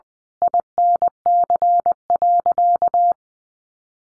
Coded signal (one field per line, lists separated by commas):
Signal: Morse code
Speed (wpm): 20 wpm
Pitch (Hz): 700 Hz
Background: none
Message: INC.